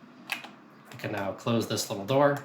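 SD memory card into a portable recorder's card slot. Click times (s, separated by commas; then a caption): 0.3 s. An SD memory card is pushed into the card slot of a Tascam DR-701D portable recorder, and a short, sharp click at 0.3 s shows it has seated. Someone then talks.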